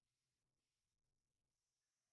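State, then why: Not seated. A plastic arrow accessory is being fitted into the plastic bow of a Hasbro G.I. Joe Classified Storm Shadow action figure, with only quiet, low handling noise and faint rustling heard. Nothing has seated or clicked yet; the arrow is still being worked toward the bow as the clip ends.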